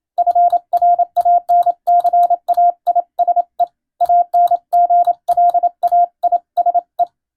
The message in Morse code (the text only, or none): FRANCAISE ANGLAISE